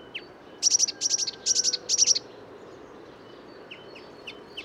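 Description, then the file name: Eurasian blue tit calls: four fast clusters of sharp, high, buzzy notes, followed by a few faint thin chips and a low background hiss. "Cyanistes caeruleus"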